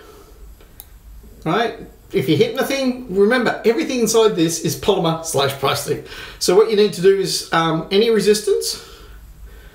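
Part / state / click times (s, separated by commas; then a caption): replaceable blade cartridge onto electric shaver handle / not seated / none. A polymer replacement blade cartridge is handled and pushed against the connector of a OneBlade Core 1.1 electric shaver handle, working against resistance, while someone talks throughout. A brief sharp tick is heard at 0.8 s. Nothing has seated or clicked yet: the cartridge is not yet home on the handle when the clip ends.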